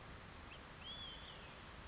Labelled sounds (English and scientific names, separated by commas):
Olive-sided Flycatcher (Contopus cooperi)